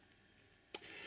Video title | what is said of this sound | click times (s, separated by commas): BMW M140i Hints & Tips - How To Replace The Key Fob Battery | it down in the middle and it's snapped into place to | 0.8 s